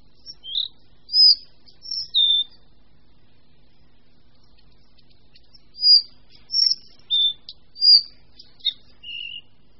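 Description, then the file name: Collared flycatcher song in two parts: high thin whistles and downslurred notes, a silent stretch, then a longer varied phrase ending on a lower whistle. "Lejsek bělokrký"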